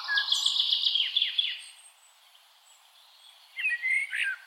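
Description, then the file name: Common blackbird producing a high, rapid twittering run, a pause, then a brief phrase of warbled whistled notes. "Turdus merula"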